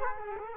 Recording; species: mosquito wingbeat signal from an infrared sensor; Culex quinquefasciatus